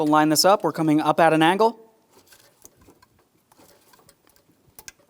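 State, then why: Seated. Someone talks, then a plastic electrical connector with an upward-facing locking tab is pressed at an angle onto the horn terminal of a 2007-2014 GMC Sierra 2500 HD truck horn, with faint ticks and handling noises. Two sharp clicks at 4.8 s and 4.9 s mark the connector seating and locking into the horn.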